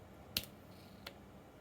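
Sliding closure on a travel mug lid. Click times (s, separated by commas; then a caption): 0.4 s, 1.1 s. After being taken apart for cleaning and reassembled, the plastic slide on a Thermos 16 oz travel mug lid is flipped to the open position as a test. A sharp click sounds at 0.4 s, followed by a quieter click at 1.1 s, against a low, steady background. The slider clicks into its detent in the open position.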